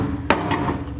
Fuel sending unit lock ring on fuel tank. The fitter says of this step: we go that should be locked into place now